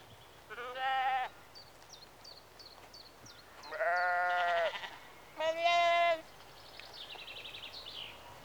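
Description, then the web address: Sheep bleating several times, three loud wavering bleats spaced apart, with a bird's repeated chirps between them. Sheep in a rural exterior atmosphere, early evening, recorded mid close. "BBC Sound Effects Library BBC 52-Exterior Atmospheres-Rural Backg 10 Sheep Early Evening-Mid Close"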